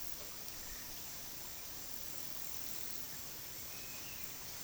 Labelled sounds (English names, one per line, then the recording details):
Yellow-crowned Tyrannulet
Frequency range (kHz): Yellow-crowned Tyrannulet 1.8-3.0 kHz
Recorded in pastures near Puerto Asís, Putumayo, Colombia, on 19 February 2024 at 13:30
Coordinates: 0.468, -76.328
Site G6414